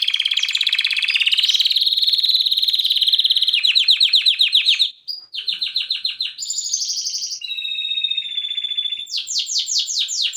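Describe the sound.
Canary song with a long, bright, rapid trill, followed by a choppy, stuttering phrase, a clear whistle and a last burst of fast, high notes.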